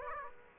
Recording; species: mosquito wingbeat signal from an infrared sensor; Aedes aegypti